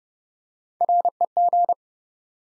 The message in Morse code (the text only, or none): REG